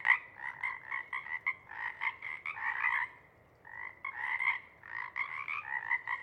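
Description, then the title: Pacific chorus frogs calling in quick overlapping croaks, the chorus pausing briefly in the middle before resuming. Pacific chorus frog chorus at a pond in pre-morning twilight as late night wanes; temperature torpor sets in, individuals leave to hunt; chorus breaks into successive waves circling the pond, then staccato sections tapering away. "Chorus Frogs, Chorus Waxes and Wanes, pre-morning-twilight"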